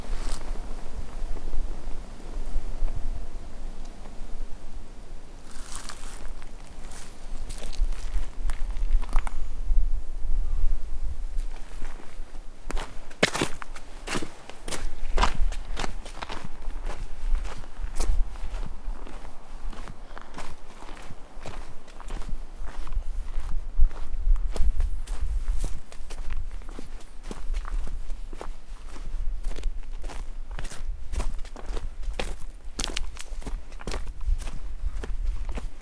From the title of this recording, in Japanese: お散歩道の自然の音